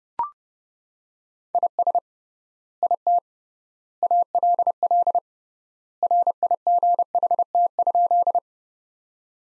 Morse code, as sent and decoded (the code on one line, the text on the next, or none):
.. ... / .. - / .- .-.. .-.. / .-. .. --. .... - ..--..
IS IT ALL RIGHT?